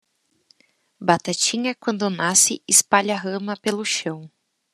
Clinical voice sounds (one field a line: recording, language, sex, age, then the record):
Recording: short text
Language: Brazilian Portuguese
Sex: female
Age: 20 to 29 years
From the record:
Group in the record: control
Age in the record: 24 years